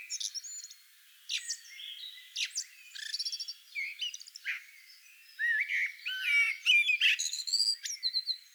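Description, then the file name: Common blackbird giving a varied run of short squeaky and twittering phrases, high chattering notes interleaved with brief fluted slurs, repeated in quick bursts throughout. "Turdus merula"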